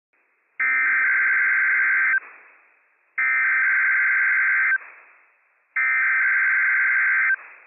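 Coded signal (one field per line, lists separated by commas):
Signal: Emergency Alert System (SAME) tones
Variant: header bursts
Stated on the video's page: Required Weekly Test from the National Weather Service Pendleton, Oregon, operational EAS tones.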